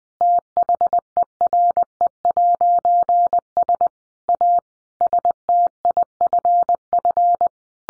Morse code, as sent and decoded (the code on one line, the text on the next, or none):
- .... . .-. . .----. ... / .- / ... - .. ..-. ..-.
THERE'S A STIFF